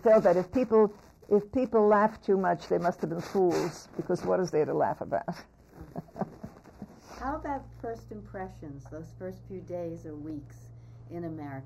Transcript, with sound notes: He said that if people — if people laughed too much, they must have been fools because what is there to laugh about? [Laughs]
How about first impressions, those first few days or weeks in America?